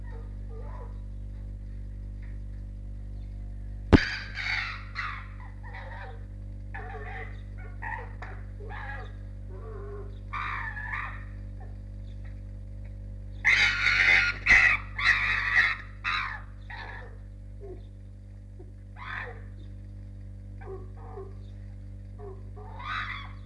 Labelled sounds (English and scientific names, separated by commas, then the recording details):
Arctic Fox (Vulpes lagopus)
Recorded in captivity
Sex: female
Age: adult
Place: Zoologisches Institut der HUB, Berlin, DE
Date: 1958-04-06 13:15
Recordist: Tembrock, Günter
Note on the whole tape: Fuchsanlage: "Nina": Knätschen, fast kreischend, dann auch winselnd gegen Rotfuchs-Rüden "Jau", der am Gitter droht